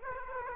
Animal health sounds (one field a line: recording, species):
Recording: mosquito wingbeat signal from an infrared sensor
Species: Aedes aegypti